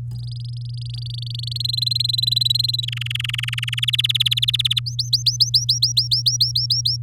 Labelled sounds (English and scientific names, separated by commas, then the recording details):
Domestic Canary (Serinus canaria) song
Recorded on 9 May 2018 at 13:42
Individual llb16